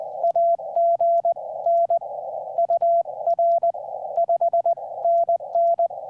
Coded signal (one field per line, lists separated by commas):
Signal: Morse code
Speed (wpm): 19 wpm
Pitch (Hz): 680 Hz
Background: none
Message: AGN UR 5NN